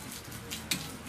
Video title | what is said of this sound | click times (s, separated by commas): How To Change The Exhaust Manifold And Gasket On A Chrysler 4.7 Engine | you hear a click I heard it click | 0.7 s